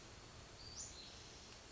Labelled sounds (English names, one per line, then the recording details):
Western Flycatcher
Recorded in Sonoma County, California